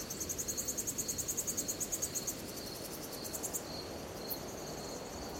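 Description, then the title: Cicada call: a brisk, regularly pulsed trill for over two seconds, layered over a steady high buzzing drone that continues afterward. At night in a forest. "Звуки ночного леса. Звук цикад ночью в лесу"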